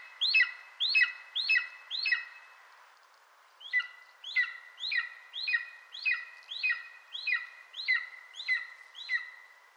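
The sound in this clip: Bird calls: a run of four quick, harsh downslurred notes, a pause of over a second, then a longer, evenly paced run of about a dozen.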